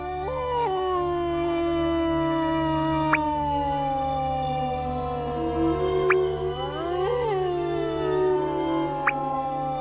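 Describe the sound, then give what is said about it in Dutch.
Wolves howl in long, sustained, overlapping tones that hold steady and then rise and fall in slow glides, with a low steady hum underneath and a few faint clicks. “En er waren veel meer wolven.”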